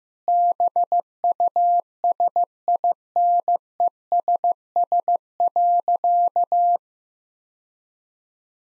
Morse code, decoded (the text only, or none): BUSINESS.